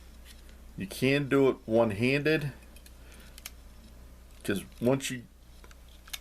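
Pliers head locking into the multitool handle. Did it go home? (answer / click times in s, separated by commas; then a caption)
no / none. Someone talks while handling a Buck Whittaker multitool one-handed, swinging the pliers head out toward its locked-open position in the handle, with a few faint metallic ticks around 2.8–3.5 s and again near 5.6–6.1 s. The clip ends before the pliers head goes home; nothing has seated or clicked yet.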